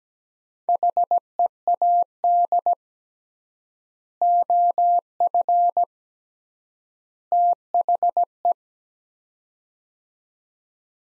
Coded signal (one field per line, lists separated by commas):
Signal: Morse code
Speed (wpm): 17 wpm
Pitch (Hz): 700 Hz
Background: none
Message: HEAD OF THE